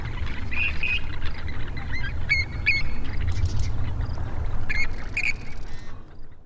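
Grebe giving brief sharp squeaky notes in small clusters, with a deep continuous rumble underneath.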